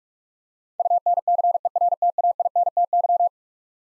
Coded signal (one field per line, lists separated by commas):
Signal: Morse code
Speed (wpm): 42 wpm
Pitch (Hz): 700 Hz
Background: none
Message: UNCERTAINTY